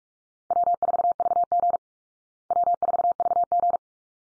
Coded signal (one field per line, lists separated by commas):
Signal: Morse code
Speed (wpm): 44 wpm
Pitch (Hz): 700 Hz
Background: none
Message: W4VG W4VG